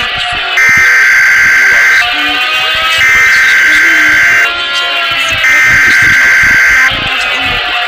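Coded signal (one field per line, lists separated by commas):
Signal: Emergency Alert System (SAME) tones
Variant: header bursts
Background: speech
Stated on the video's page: Fictional EAS scenario, not a real alert.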